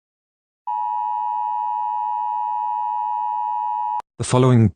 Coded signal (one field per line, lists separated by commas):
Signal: Emergency Alert System (SAME) tones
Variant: 853 and 960 Hz attention tone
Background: speech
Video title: EAS Scenario #42: The Cenobite Rampage.